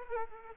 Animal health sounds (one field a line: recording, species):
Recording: mosquito wingbeat signal from an infrared sensor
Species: Aedes aegypti